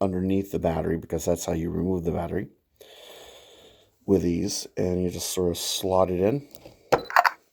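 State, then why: Seated. Someone talks while a battery is slotted into the battery holder of a Genesis Custom Sabers Darkside Vector lightsaber hilt, with the removal tab placed underneath so the battery can later be pulled out. Sharp clicks sound at 6.9, 7.1, 7.2 and 7.3 seconds as the battery clicks into place and is seated, and the saber then boots up.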